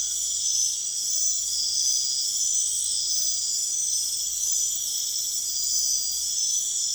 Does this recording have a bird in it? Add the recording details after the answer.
no. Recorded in secondary vegetation near Puerto Asís, Putumayo, Colombia, on 25 June 2025. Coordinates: 0.488, -76.319. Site G094